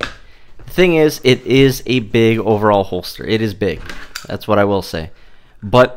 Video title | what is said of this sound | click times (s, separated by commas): The Urban Carry G3 Holster - Holster for Blue Collar Workers | I loosened that retention up and honestly did you hear that click um honestly it works great now | 0.0 s